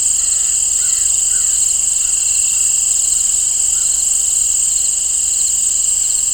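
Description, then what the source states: Crickets chirping in a constant high trill, with soft bird calls scattered through the first seconds. Crickets and birds in an open field, nature ambience.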